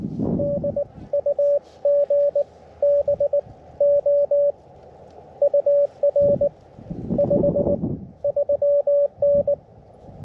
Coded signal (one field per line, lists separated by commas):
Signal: Morse code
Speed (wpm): 20 wpm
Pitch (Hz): 570 Hz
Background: radio noise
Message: DUGBO UR 53N